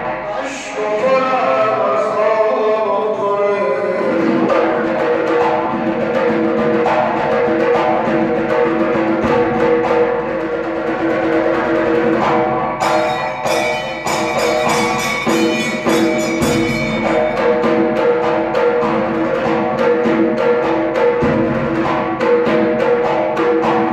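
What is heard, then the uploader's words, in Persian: Zurkhaneh music plays steadily, with quick regular drum strokes under a sustained chanting melody, and a brighter ringing layer joins around thirteen seconds. زورخانه.بازار.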